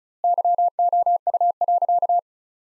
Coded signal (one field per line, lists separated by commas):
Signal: Morse code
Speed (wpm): 34 wpm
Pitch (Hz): 700 Hz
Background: none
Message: YOU.